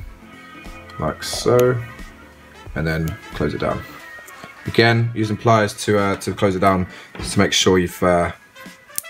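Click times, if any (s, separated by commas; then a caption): 9.0 s. A 10mm RGB LED tape is pushed fully into a strip-to-strip connector, and the hinged polycarbonate lid is pressed down over the pins while someone talks over background music. The lid clicks shut at 8.9 s with a short, sharp snap, the sign that the connection is made and seated.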